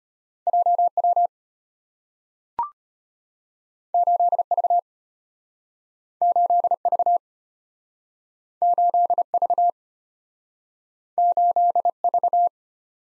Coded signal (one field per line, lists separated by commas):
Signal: Morse code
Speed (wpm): 34 wpm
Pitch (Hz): 700 Hz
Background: none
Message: JW 8V 8V 8V 8V